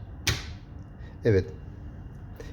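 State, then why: Seated. A separate metal actuator tongue is pushed into the head of a metal-housed Pizzato FG 60AD1D0A door interlock safety switch. It seats with one sharp click at 0.3 s, and the solenoid coil moves into its locking position. Someone then talks to confirm the tongue has seated and the coil is in place.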